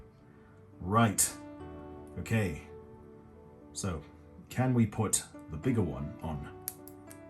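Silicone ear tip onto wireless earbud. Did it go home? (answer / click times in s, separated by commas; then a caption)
yes / 6.7 s. Someone talks over background music while a larger silicone ear tip is pushed onto the nozzle of an Apple AirPods Pro wireless earbud. A sharp click is heard at 6.7 s, followed by two fainter ticks at 6.9 s and 7.1 s. The ear tip is seated and clicks into place.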